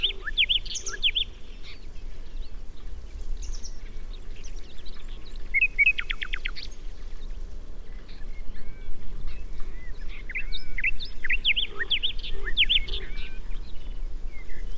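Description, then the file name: Common nightingale singing varied phrases of high chirps and whistles, with a fast clicking rattle midway, over constant low background rumble. "Luscinia megarhynchos"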